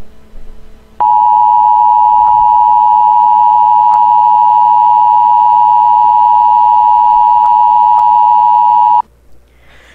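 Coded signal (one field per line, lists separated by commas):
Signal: Emergency Alert System (SAME) tones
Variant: 853 and 960 Hz attention tone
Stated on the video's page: Mock alert based on a real special weather statement, not a real broadcast.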